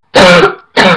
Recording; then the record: coughing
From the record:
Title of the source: Barking cough - # 10